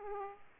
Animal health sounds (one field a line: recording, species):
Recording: mosquito wingbeat signal from an infrared sensor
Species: Aedes aegypti